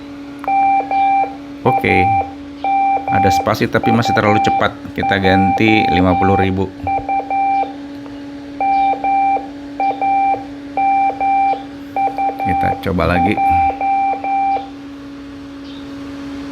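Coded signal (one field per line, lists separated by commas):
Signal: Morse code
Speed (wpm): 11 wpm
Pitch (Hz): 790 Hz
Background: speech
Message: MAMUJU MAMUJ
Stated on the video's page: Morse from an ARDF fox-hunting beacon.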